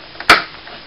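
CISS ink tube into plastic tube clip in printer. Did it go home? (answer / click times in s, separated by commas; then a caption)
yes / 0.3 s. A continuous ink system's ink tube, routed across an MP460 printer, is pressed into a plastic tube clip. After a light tick near 0.2 s, a loud, sharp snap at 0.3 s marks the tube clicking into place, then the sound fades quickly.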